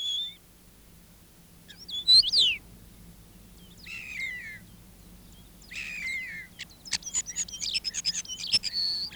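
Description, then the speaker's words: Common Starling singing a varied song of sharp descending whistles and dense clicking rattles, with pauses between phrases. Chattering, very varied song; good mimic of other birds; recorded in Finland. "Kottaraisen laverteleva laulu on hyvin vaihtelevaa ja se on hyvä matkimaan muita lintuja."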